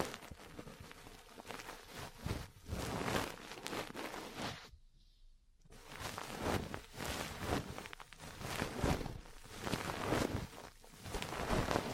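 Ear cleaning and massage sounds: a dense, crackling rustle that swells and fades in quick pulses, like rain patter, with soft tapping bursts. Near the five-second mark it drops to almost silence for about a second, then the scratchy rubbing resumes.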